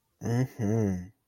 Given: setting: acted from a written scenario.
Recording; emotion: vocal sound without words; desire